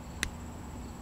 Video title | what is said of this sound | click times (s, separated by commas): 🔎 Weather Pack Connector Assembly CLOSE UP 🔍 DIY Crimping Terminals How To | again male terminal female connector just insert it until we hear it click | 0.2 s